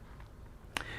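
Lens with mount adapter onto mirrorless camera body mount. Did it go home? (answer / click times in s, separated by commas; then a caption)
yes / 0.8 s. A Canon "nifty fifty" 50mm lens, already fitted with an FD to Micro Four Thirds mount adapter, is turned onto the mount of a Panasonic Lumix G9 mirrorless camera body over a low, steady background hum, with a faint tick at 0.2 s. A sharp, bright click at 0.8 s marks the bayonet lock engaging, and the adapted lens is seated and locked onto the camera mount.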